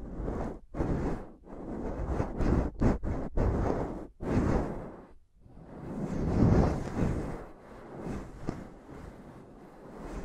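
Intense tapping and scratching on a microphone, with dense rough rubbing bursts broken by short sharp gaps in the first four seconds. After a brief pause near five seconds, a longer continuous scraping swells and fades, with a few sharper taps around eight seconds.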